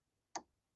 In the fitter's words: Did you hear it click?